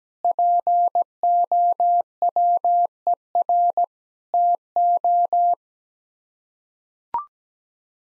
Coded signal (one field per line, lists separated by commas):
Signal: Morse code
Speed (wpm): 17 wpm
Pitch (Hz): 700 Hz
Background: none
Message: POWER TO